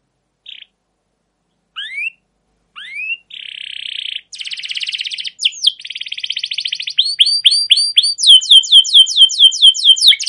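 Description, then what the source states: Canary song beginning with a few isolated rising chirps, building through buzzy rattles into rapid repeated upward notes and a fast falling trill. Canary with long, continuous trilling 'ngerol' and 'cuit cuit' song, used as a lure and master recording for training other canaries.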